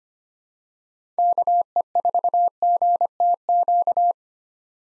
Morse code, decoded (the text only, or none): KE4GTQ